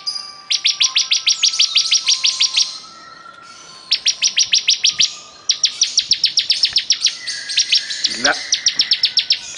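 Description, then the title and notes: Bar-winged prinia song: long rapid trains of shrill, evenly spaced chips, three extended phrases with a brief pause between them. Singing vigorously ('gacor'). "Suara Burung Ciblek Gacor"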